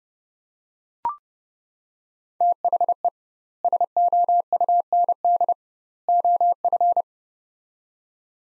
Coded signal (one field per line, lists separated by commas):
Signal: Morse code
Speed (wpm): 31 wpm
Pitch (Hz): 700 Hz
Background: none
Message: THE SOUND OF